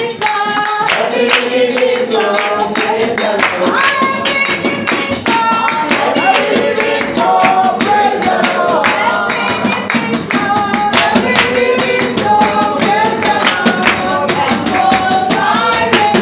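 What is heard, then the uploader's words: African drumming with clapping runs at a steady, full level for the whole stretch, the beats dense and quick. Wavering, voice-like melodic lines rise and fall above the percussion, and bright ringing tones, likely the bell, sit over everything without a break. Praising God the Christ Apostolic Church way! We had this worker's praise meeting after work and it was all about clapping and bell and the African drumming way!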